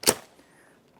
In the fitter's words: 딸깍 잠기면서 풀립니다